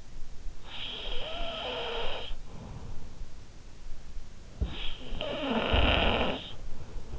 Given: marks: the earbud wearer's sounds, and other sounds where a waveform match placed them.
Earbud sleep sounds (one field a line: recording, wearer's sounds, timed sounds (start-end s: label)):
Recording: sounds in sleep by an in-ear microphone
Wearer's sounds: snoring breath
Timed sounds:
0.56-3.68 s: snoring breath
4.56-7.19 s: snoring breath